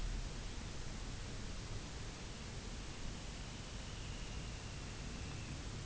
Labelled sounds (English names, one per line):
unidentified sound
Dunlin